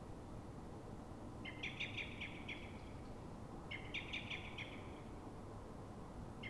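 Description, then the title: Common blackbird giving alarm calls, quick rattling strings of sharp clicks, three bouts spaced about two seconds apart, against a low constant rumble. Frightened or threatened blackbird at dawn, probably reacting to another blackbird; Pl. de Francisco Escolar, Fuenlabrada, Madrid, Spain; Zoom H1n recorder. "Pl. de Francisco Escolar, 10, 28944 Fuenlabrada, Madrid, España - Mirlo asustado"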